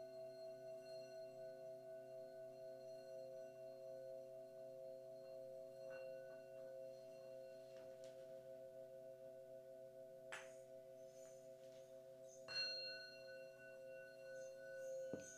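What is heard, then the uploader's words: A Himalayan bowl rings with a steady, sustained hum of several pure tones stacked from low to high, pulsing with a slow, even wobble throughout. Brief clicks and taps cut in around ten and twelve seconds, with another sharp knock right at the end. A Himalayan Bowl Meditation.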